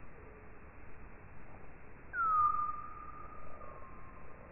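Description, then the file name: Common noctule giving a single call, a short falling sweep that settles into a long level tone, against soft background hiss. "Nyctalus noctula"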